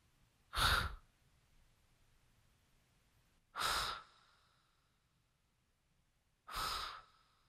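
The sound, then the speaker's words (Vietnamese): Three slow, heavy breaths heard in a dark, damp garage, spaced about three seconds apart, each a soft, airy exhalation with a faint wheezy hiss, separated by near silence. “Đang mải mê làm, ông bỗng nghe từ đâu có tiếng thở khe khẽ, tiếng thở phì phò phì phò.”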